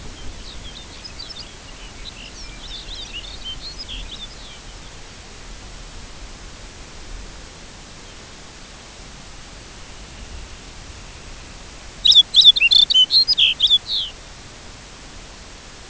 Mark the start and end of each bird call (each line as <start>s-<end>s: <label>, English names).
0.08s-4.61s: Lapland Longspur
7.95s-8.18s: Lapland Longspur
9.45s-11.80s: Dunlin
11.90s-14.17s: Lapland Longspur